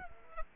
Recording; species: mosquito wingbeat signal from an infrared sensor; Culex quinquefasciatus